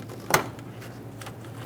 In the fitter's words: for these typically you can just line them up press in listen for our click